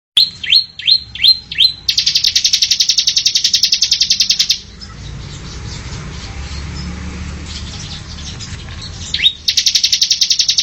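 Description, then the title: Oriental magpie-robin singing a few rapid downslurred whistles, then a long harsh buzzing rattle of fast pulses, a quiet gap, and the rattle again. Song; Indonesian local name kacer. "Kicau Kacer"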